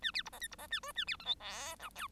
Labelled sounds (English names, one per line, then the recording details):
Bengalese Finch song
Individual Bird1